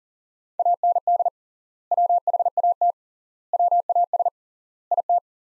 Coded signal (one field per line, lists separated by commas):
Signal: Morse code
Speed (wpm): 40 wpm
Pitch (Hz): 700 Hz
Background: none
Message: AND WHAT WAS IT